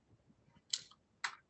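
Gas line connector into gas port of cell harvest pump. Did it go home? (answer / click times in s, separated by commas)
yes / 0.7 s, 1.2 s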